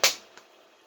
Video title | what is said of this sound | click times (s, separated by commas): Nerf Air Zone rocket storm⛈.Out of the box chronograph test!!! | snaps into place | 0.0 s